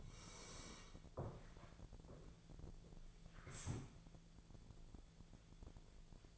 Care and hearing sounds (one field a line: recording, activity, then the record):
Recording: daily activity, microphone in the room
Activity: sit down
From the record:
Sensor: 5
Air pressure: 1000.6 hPa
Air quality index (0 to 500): 142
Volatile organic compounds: 2 ppm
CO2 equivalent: 1105 ppm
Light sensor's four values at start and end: 49/115/48/51 and 49/115/48/51